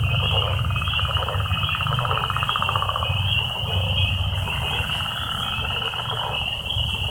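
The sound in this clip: Frogs: a chorus of pulsed trills over a continuous high drone and a persistent low hum.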